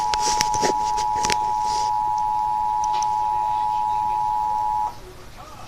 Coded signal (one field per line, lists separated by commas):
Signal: Emergency Alert System (SAME) tones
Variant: 853 and 960 Hz attention tone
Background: speech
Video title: KDFI 27-3 AND 5 ANOTHER SVR (EAS #199-200)